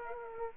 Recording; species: mosquito wingbeat signal from an infrared sensor; Aedes aegypti